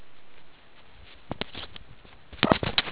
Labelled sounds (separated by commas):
meerkat close call